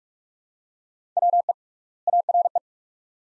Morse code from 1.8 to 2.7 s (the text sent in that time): ARE